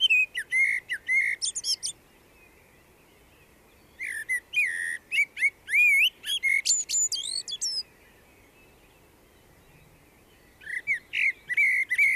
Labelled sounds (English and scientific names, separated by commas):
Common Blackbird (Turdus merula) song